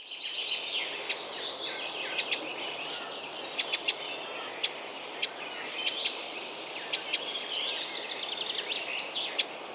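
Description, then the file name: Eurasian wren calling with hard, clicking ticks, mostly single or paired, scattered irregularly throughout against a faint, steady high-pitched chatter of birdsong. "Troglodytes troglodytes"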